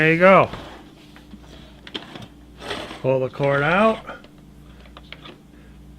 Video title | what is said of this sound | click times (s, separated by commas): Replacing The Cord Winder on the Miele Vacuum | locks into place press down on the button goes back in easy-peasy | 5.0 s, 5.1 s